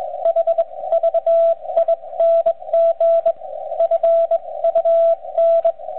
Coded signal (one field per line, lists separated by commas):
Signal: Morse code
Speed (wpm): 21 wpm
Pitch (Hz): 670 Hz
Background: radio noise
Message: HVING FUN